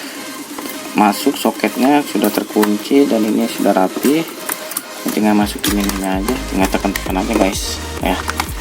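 A keyboard ribbon cable is handled at its mainboard connector on an Asus Eee PC 1015 (B, BX, CX, P, PX, PW) or 1025 notebook during a keyboard replacement, with the cable being inserted and the connector lock about to be pressed down. Someone talks over music throughout. Nothing has seated or clicked yet.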